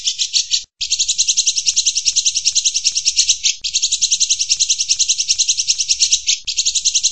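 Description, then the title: Van Hasselt's sunbird giving a high, fast, buzzy trill in long sustained phrases with brief breaks, steady pulsing throughout. Song meant as a master track for training caged birds; described as melodious, clear and loud. "Suara Kolibri Ninja MERDU, JELAS DAN LANTANG"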